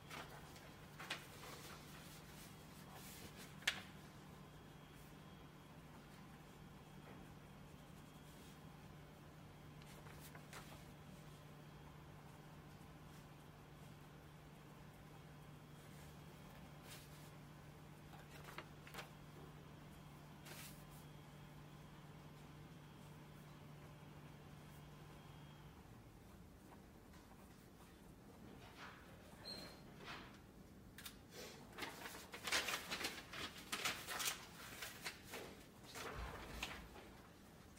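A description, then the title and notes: Inside a Glasgow library, a steady low hum runs for the first 26 seconds before cutting out, with scattered clicks and knocks throughout. After the hum stops, the clip turns busier, with a cluster of sharper bumps and clatters near the end. Glasgow library. (university of glasgow).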